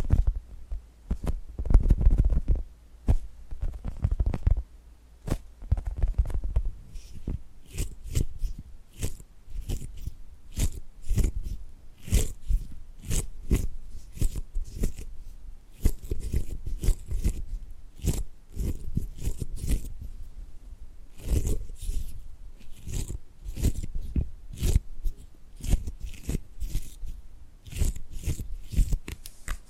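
Dry tapping and gripping sounds in quick irregular bursts, with soft low thumps early on and crisp clicks throughout.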